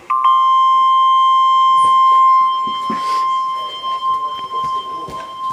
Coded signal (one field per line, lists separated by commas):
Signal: Emergency Alert System (SAME) tones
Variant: 1050 Hz attention tone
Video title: EAS Alert #319-320 (SVR & Tornado Warning)